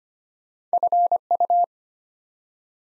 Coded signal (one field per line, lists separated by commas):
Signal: Morse code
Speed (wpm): 25 wpm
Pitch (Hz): 700 Hz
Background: none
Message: FU